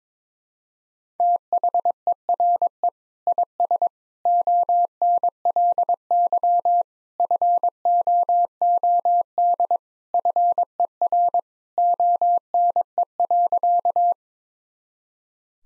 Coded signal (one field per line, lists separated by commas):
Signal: Morse code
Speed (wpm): 22 wpm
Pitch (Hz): 700 Hz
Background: none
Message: THERE IS ONLY FOOD FER ONE.